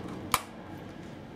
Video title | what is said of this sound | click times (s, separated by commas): EVGA SR2 XEON Monster Computer Pt 1 of 3 | do the other side go click | 0.3 s